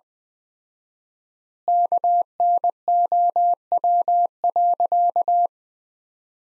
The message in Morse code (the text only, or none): KNOW.